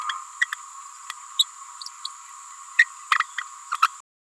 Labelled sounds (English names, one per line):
Green-rumped Parrotlet babbling